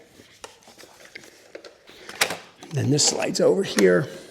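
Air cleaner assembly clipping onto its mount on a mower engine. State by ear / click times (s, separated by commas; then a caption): not seated / none. A plastic air cleaner assembly is handled and slid toward its mount on a mower engine, with light knocks and scrapes and a louder tap near 2.2 s, while someone talks. Nothing has seated or clicked yet; the part is not yet home.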